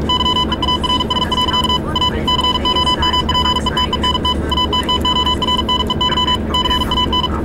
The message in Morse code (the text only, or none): YEARS. A COMPETENT ATTORNEY CAN